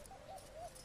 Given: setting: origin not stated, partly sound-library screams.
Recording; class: one-second piece from a danger detection set; normal situation